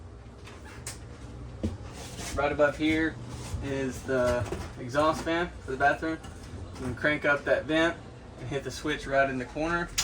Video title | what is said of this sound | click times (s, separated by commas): WALKTHROUGH THE 2022 KEYSTONE OUTBACK 340BH | is locked like this until you hear that click when you're going down the road | 0.9 s